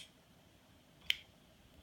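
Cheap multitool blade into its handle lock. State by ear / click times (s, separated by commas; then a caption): seated / 1.1 s. A cheap knock-off multitool's blade is closed into its handle lock, which is hard to close. After some struggling, the lock snaps into place with one sharp click at 1.1 s over otherwise quiet background. The blade lock is seated.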